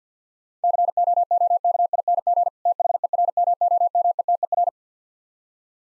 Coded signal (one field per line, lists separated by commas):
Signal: Morse code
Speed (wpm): 50 wpm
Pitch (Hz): 700 Hz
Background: none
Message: COOKING THERMOMETER